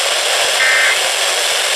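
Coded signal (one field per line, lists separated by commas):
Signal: Emergency Alert System (SAME) tones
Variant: end-of-message bursts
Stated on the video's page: EAS alert tones aired during destructive storms, a compilation of real alerts.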